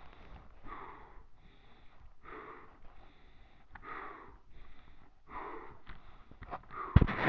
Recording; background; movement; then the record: deep breathing; quiet; walking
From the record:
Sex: male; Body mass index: 22.0 kg/m2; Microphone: on the chest, facing the body